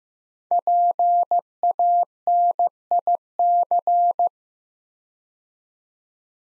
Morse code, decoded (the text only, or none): PANIC